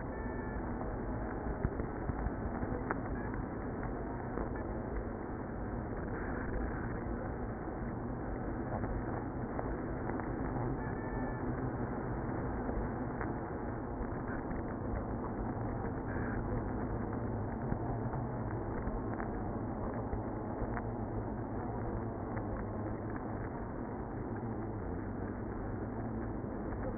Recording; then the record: honeybee colony, microphone inside the hive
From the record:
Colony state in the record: queenless (queen removed); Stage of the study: after two queens were removed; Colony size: about 60,000 bees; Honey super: yes